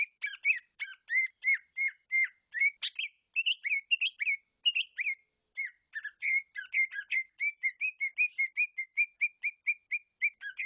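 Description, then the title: Bird song with a long, fast chatter of crisp chirps, some rising and some falling, running almost continuously with one brief pause midway. "SuaraBurung Kicau6"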